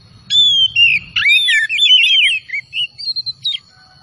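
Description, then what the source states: Oriental magpie-robin song: a long, clear whistle followed by rapid warbled trills and a few short chips, over a faint steady high tone. Known as kacer tretes; singing vigorously (gacor).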